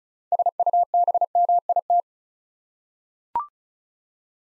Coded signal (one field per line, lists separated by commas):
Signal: Morse code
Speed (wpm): 36 wpm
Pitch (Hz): 700 Hz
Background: none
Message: SUBMIT